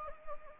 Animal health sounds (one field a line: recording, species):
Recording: mosquito wingbeat signal from an infrared sensor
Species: Anopheles gambiae